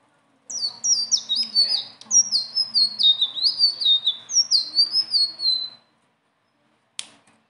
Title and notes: BURUNG SELENDANG BIRU GACOR NGEROLL ISIAN. masteran